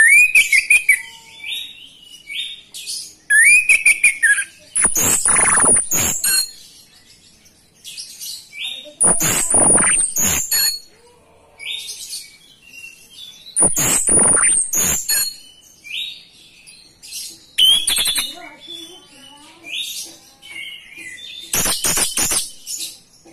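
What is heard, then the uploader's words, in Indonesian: An orange-headed thrush sings busily, mixing high thin whistles and chirps with loud, harsh trumpeting bursts. The rough blasts come about every four seconds, near 5, 9, 14, 18 and 22 seconds, with quieter twittering phrases filling the gaps. Anis merah gacor terompet.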